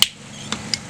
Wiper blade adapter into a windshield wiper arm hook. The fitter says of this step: goes in and then you'll snap right in once it snaps in